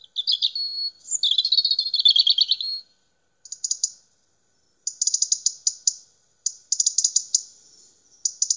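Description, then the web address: European robin song, a long varied phrase of high liquid warbles, followed by several fast high twittering bursts spaced a second or so apart. Recorded at Saint-Amant-de-Boixe, France, in March 2020. "st-amant-boixe 2020 03 Rouge-gorge"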